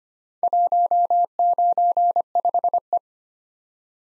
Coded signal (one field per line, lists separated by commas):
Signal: Morse code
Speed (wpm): 25 wpm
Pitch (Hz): 700 Hz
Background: none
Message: 195E